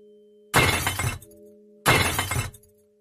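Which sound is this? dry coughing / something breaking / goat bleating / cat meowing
something breaking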